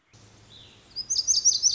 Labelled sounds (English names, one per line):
Pacific Wren